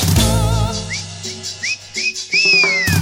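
whistling

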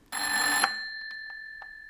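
telephone ringing

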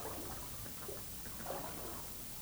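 river water flowing

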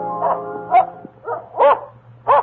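dog barking furiously

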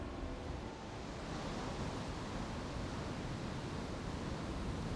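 ocean waves and surf

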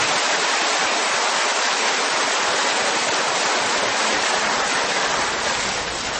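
audience applause

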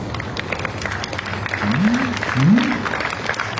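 audience applause

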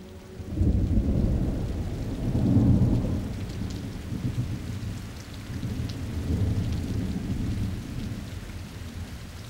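rain with thunder

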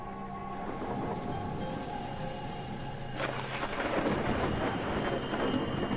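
rain with rolling thunder

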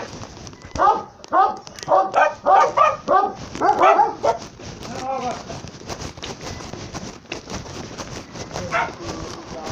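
small dog barking

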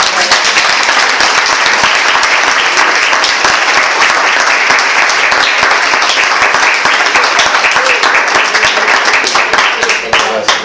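audience applause

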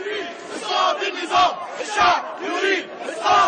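crowd of protesters chanting

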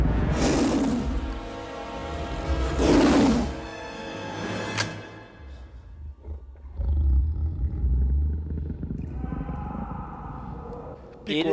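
lion roaring

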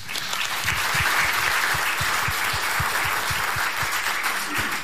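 applause

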